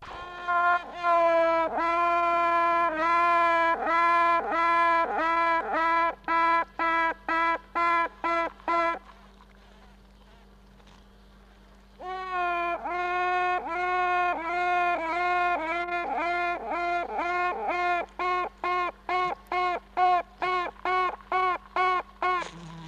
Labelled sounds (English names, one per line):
Honey Bee